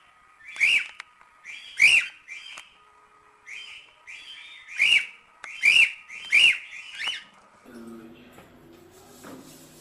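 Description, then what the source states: Cockatiel whistled song, bright rising-falling phrases repeated about every second in short bursts, then fading into soft low chatter near the end. Several cockatiels, singing and whistling.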